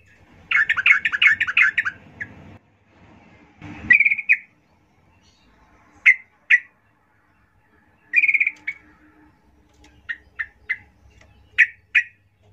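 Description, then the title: Yellow-vented Bulbul song: a rapid, jumbled burst of bubbly notes opens, then scattered short chirps and brief warbled phrases follow. Trucuk singing as a lure (pancingan) to make trucuk birds sing; 'gacor ropel ngalas' song style. "GACOR Ropel Ngalas Pancingan Trucukan Agar Bunyi Jadikan Burung Trucuk"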